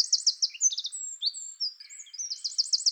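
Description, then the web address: Eurasian wren song: a loud, high, rapid outpouring of trills and sharp twittering notes, with fast repeated ticks and short whistled slurs, continuing without pause. "Troglodytes troglodytes"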